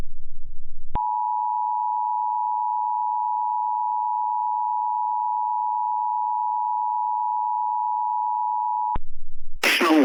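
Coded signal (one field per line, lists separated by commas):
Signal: Emergency Alert System (SAME) tones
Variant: 853 and 960 Hz attention tone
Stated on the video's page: Mock (simulated) EAS tornado-related alert for Fulton County, Georgia, containing valid EAS tones.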